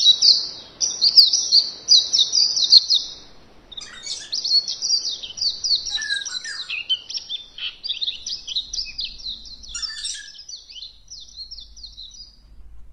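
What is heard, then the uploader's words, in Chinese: Birds chirp and trill almost without pause, a bright, dense chatter of rapid high calls. It is loudest in the first three seconds, then continues slightly softer with scattered lower notes around six and ten seconds. A faint low rumble enters near the end. 雨林，鸟儿，小溪，水流，下雨。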